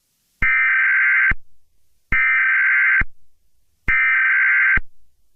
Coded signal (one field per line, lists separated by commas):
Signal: Emergency Alert System (SAME) tones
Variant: header bursts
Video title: Eas Scenario 001 - Attack on the twin towers of 2001